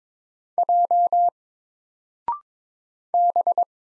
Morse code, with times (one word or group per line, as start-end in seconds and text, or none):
0.6-1.3 J
3.1-3.6 B